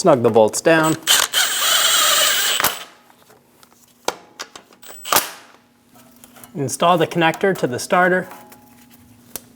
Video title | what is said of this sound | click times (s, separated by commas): How to Replace Starter 2003-2025 Chevrolet Express 2500 | Push until you hear a click. | 9.4 s